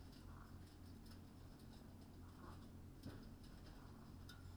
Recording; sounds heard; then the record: poultry house recording; healthy chickens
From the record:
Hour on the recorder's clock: 21